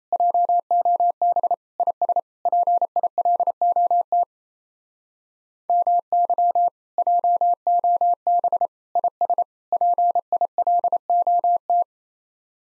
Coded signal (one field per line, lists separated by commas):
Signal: Morse code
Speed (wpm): 34 wpm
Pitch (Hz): 700 Hz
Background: none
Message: JOB IS PILOT MY JOB IS PILOT